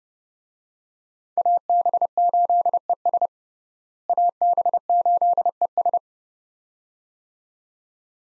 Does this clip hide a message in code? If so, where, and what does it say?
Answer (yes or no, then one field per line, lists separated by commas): yes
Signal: Morse code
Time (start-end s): 1.4-6.0 s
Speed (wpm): 30 wpm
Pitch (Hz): 700 Hz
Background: none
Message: AB8ES AB8ES